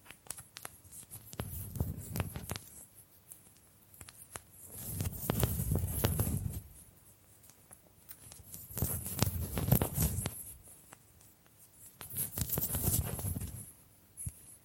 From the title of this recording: Bamboo Tapping, Scratching and Brushing Sounds